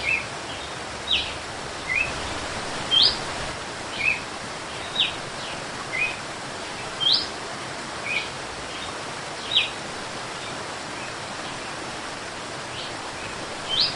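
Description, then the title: Red-cowled cardinal song: sharp, high fluted notes spaced roughly one per second, then a pause of about three seconds before a final note, against steady background hiss. Female; whip-like fluted song style. "Canto Galo Campina Fêmea 01. GALO de CAMPINA cantando açoite flauteado"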